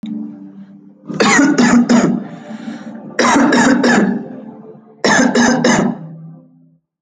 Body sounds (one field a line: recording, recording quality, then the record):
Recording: shallow voluntary cough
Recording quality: moderate, slight background noise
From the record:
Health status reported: healthy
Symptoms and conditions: none ticked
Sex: male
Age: 25 years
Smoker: not ticked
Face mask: not worn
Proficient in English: yes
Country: India